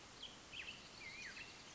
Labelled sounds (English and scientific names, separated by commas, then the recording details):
Black-headed Grosbeak (Pheucticus melanocephalus)
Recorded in Sonoma County, California